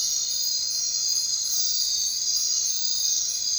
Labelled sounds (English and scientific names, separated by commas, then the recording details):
none
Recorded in secondary vegetation near Puerto Asís, Putumayo, Colombia, on 22 June 2025 at 23:00
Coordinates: 0.499, -76.323
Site G077